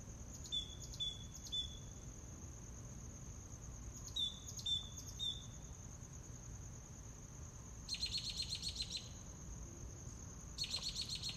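Mockingbird song: a clear note repeated three times, the set repeated after a pause, then harsh buzzy rattling phrases, over a continuous high insect tone.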